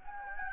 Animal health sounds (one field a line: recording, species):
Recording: mosquito wingbeat signal from an infrared sensor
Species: Anopheles gambiae